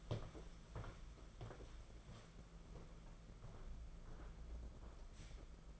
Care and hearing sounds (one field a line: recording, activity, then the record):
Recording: daily activity, microphone in the room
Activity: walk to room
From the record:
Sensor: 5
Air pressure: 992.2 hPa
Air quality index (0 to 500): 213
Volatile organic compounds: 1000 ppm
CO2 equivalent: 6194 ppm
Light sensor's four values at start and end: 6/16/6/7 and 6/16/6/7